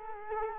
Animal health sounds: mosquito wingbeat signal from an infrared sensor; Culex quinquefasciatus

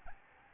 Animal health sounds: mosquito wingbeat signal from an infrared sensor; Aedes albopictus

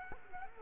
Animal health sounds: mosquito wingbeat signal from an infrared sensor; Culex quinquefasciatus

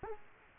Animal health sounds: mosquito wingbeat signal from an infrared sensor; Culex quinquefasciatus

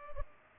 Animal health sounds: mosquito wingbeat signal from an infrared sensor; Culex pipiens

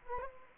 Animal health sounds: mosquito wingbeat signal from an infrared sensor; Anopheles arabiensis

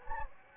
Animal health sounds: mosquito wingbeat signal from an infrared sensor; Anopheles gambiae

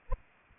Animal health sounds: mosquito wingbeat signal from an infrared sensor; Anopheles arabiensis

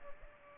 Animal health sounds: mosquito wingbeat signal from an infrared sensor; Aedes aegypti

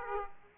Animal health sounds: mosquito wingbeat signal from an infrared sensor; Aedes aegypti

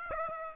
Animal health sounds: mosquito wingbeat signal from an infrared sensor; Aedes aegypti

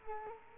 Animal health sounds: mosquito wingbeat signal from an infrared sensor; Culex quinquefasciatus

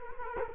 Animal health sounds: mosquito wingbeat signal from an infrared sensor; Culex quinquefasciatus

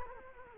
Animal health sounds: mosquito wingbeat signal from an infrared sensor; Culex quinquefasciatus

